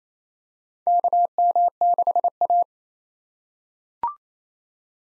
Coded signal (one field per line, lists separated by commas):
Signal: Morse code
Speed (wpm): 28 wpm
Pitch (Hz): 700 Hz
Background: none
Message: KM6A